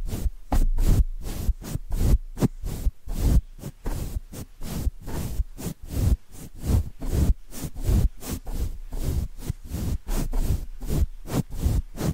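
Rhythmic mic brushing: quick scratchy strokes sweep across the microphone in a fast, fairly regular pattern, roughly three or four per second, for the full twelve seconds. Each stroke is a hissy swish with a soft low thump underneath, separated by brief near-silent gaps.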